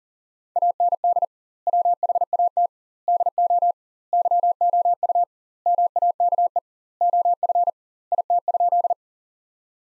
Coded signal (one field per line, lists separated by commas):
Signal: Morse code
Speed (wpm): 40 wpm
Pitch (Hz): 700 Hz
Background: none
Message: AND WHAT DO YOU MAKE OF IT?